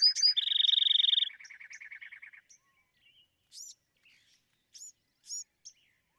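Bewick's wren: a buzzy trill over a lower rattling series, then scattered high chip notes with pauses between them.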